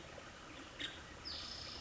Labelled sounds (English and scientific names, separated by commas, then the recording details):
Nuttall's Woodpecker (Dryobates nuttallii)
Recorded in Sonoma County, California